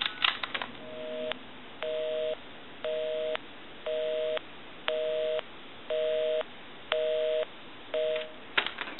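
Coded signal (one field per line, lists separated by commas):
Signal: telephone call progress tone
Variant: North America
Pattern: busy tone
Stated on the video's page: Telephone tones heard while checking out and repairing a Western Electric Trimline telephone.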